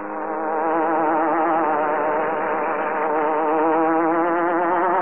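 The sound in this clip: Hornet buzzing steadily, a loud droning hum with many stacked harmonics that wavers slightly in pitch throughout.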